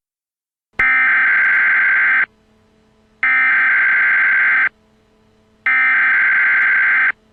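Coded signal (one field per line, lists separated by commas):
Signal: Emergency Alert System (SAME) tones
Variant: header bursts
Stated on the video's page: Fictional simulated national EAS scenario of a nuclear attack.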